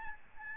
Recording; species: mosquito wingbeat signal from an infrared sensor; Aedes albopictus